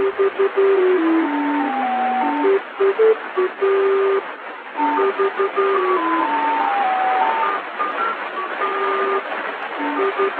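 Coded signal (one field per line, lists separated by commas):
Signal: numbers station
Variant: Lincolnshire Poacher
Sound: a tinny electronic folk melody repeating over hissy shortwave static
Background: radio static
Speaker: one notorious example is the Lincolnshire poacher for our listeners out there here's a sample of said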